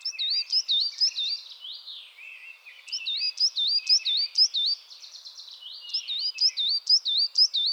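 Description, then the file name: Coal tit chattering calls: rapid runs of several high, wavy whistled notes alternating with lower buzzy trills, in three clear bouts. Chattering (bavarde) calls. "MESANGE NOIRE BAVARDE"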